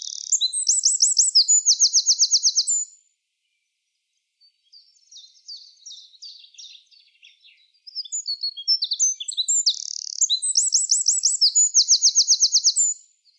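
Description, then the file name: Eurasian wren singing two bursts of shrill rapid notes and rattling trills, the first ending after three seconds, then quieter chips and a second loud trilled phrase. "Troglodytes troglodytes"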